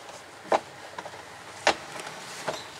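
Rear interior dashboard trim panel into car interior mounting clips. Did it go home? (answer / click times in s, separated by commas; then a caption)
yes / 1.7 s. The rear dashboard/interior trim panel of an All New Avanza, with its switch, is fitted from below and pressed into the car's interior mounting clips. A sharp click at 1.7 s marks the panel clipping in, after an earlier tap near 0.5 s and a faint one around 2.5 s. The panel is seated.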